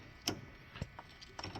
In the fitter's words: go you hit click into place that's it